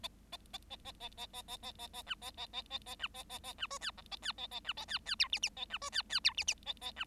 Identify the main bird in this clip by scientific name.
Lonchura striata domestica